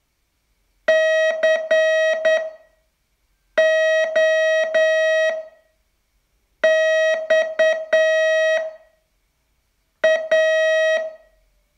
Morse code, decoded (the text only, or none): COXA